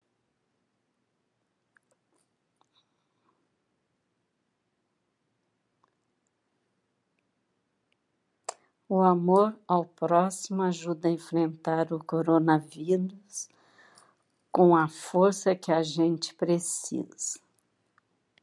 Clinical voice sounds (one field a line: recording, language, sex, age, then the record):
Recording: spoken sentence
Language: Brazilian Portuguese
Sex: female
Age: 60 to 69 years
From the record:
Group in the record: control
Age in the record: 67 years